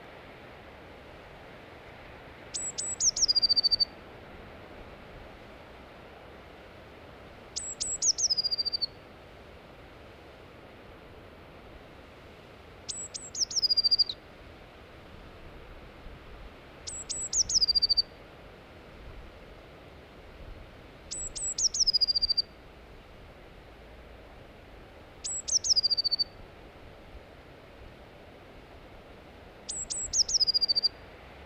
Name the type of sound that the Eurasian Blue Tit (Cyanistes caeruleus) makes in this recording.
song